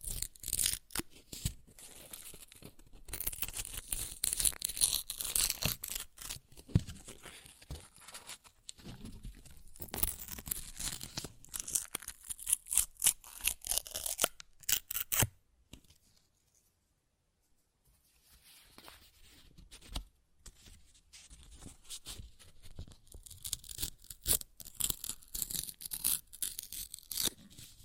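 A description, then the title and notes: Paper is ripped and torn in quick, crackly bursts, a dense run of sharp snaps and rustles that carry plenty of bright hiss. The tearing goes on almost without pause until a brief silence around 15 to 19 seconds, then resumes more sparsely to the end. ASMR Paper Ripping Tearing Sounds (No Talking).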